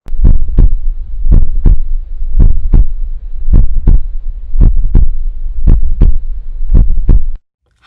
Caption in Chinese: 正常的心音。 正常的心音，其实就叫做干净利落。 心跳声就扑通扑通，很干脆，很干脆，中 间不拖泥带水。